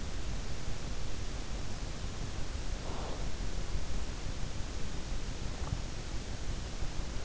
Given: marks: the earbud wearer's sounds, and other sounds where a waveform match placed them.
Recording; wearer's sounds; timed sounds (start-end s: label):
sounds in sleep by an in-ear microphone; breath
2.69-3.40 s: breath